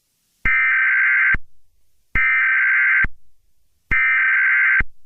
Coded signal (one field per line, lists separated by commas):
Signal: Emergency Alert System (SAME) tones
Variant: header bursts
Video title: The Pokemon Invasion 2 (A Valentine's Day EAS Scenario)